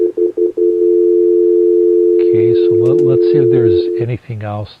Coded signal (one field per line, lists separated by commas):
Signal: telephone call progress tone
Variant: North America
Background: speech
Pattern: dial tone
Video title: Firewall consideration for WebEx Calling IP phone firmware migration